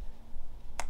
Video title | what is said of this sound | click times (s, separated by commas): Barefoot boots fitting - Vlog 106 - Beth Endurance | They just kind of pop into place. They're a bit like tendon boots. | 0.8 s